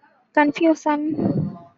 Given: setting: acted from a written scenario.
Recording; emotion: vocal sound without words; confusion